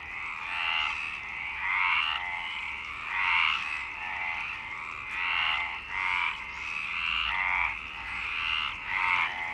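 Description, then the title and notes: Frogs in a continuous chorus of rasping croaks, swelling bursts layered over steady background calling. Frogs in Parc Longchamp, Marseille, Provence-Alpes-Côte d'Azur, France, 26 March 2011 at 19:35, recorded with a MixPre-6 and Basic UCHO. "Marseille, Provence-Alpes-Côte d'Azur, France - 26_03_11_19_35 Longchamps_004 grenouilles. Grenouilles au parc de Longchamp MIXPRE 6 + BASIC UCHO"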